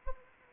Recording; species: mosquito wingbeat signal from an infrared sensor; Anopheles arabiensis